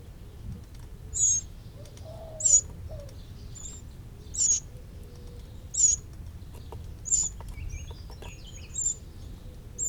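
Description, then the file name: Eurasian wren calls, thin high notes repeated at intervals of a little over a second, with a few soft lower notes underneath and a steady low rumble. "Troglodytes troglodytes"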